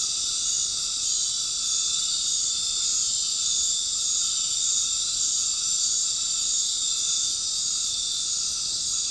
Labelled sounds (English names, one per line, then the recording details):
none
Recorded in dense forest near Puerto Asís, Putumayo, Colombia, on 12 March 2025 at 19:00
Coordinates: 0.500, -76.322
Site GP06